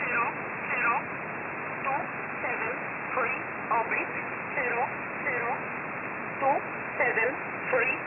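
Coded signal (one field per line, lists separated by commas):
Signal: numbers station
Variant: E11 Oblique, English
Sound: short spoken words at a steady pace, muffled under heavy hiss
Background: radio static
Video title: 17 02 2022 Number station E11 Oblique in English to Eu 0930 on 7469 unknown tx site in USB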